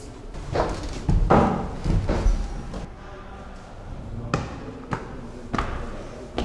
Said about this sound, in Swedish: Studenterna står här runt omkring och så avslutar professorn sin grej, så börjar alla. Så gör man fortfarande i Tyskland. Ja. Efter föreläsningar så knackar alla studenterna i bordet. Jaha, så där.